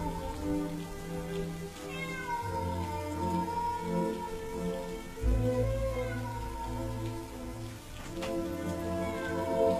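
A stray cat meows repeatedly at night in drawn-out, mournful wails over a steady patter of falling rain, the cries rising and falling in pitch with no voices present.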